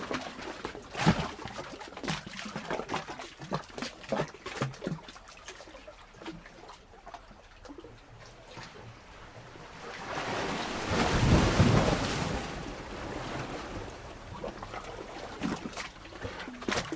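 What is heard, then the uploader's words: Sea water surges and glugs through a hollow coastal rock chamber. Sharp sloshing splashes and knocks come irregularly over the first ten seconds, then a louder rushing swell builds around ten to twelve seconds before easing back into scattered gurgles. Coastal Hollow - Surging Chamber. This is the archetypical coastal glugging hollow to me. Drained of water, you can hear the approaching surge through the hollow rocks. When it fills up, though, it's like a giant sloshing can.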